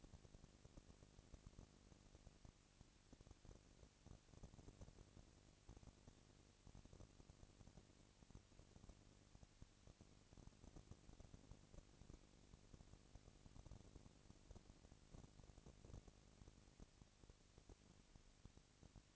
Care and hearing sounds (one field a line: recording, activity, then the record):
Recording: daily activity, microphone in the room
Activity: no activity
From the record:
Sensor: 4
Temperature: 22.3 degrees Celsius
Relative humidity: 31.9%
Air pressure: 997.8 hPa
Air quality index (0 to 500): 203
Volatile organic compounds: 17 ppm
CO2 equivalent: 2570 ppm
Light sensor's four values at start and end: 2/3/1/1 and 2/3/1/1